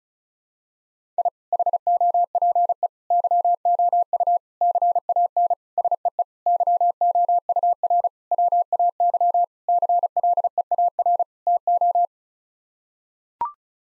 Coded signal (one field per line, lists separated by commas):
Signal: Morse code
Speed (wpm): 36 wpm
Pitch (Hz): 700 Hz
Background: none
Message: I HOPE YOU CAN SEE YOUR WAY CLEAR TO